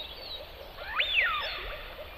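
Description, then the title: Eurasian wigeon giving a single bright whistle that climbs steeply and drops away. "Haapana"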